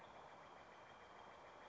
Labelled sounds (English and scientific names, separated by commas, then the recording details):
Steller's Jay (Cyanocitta stelleri)
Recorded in Sonoma County, California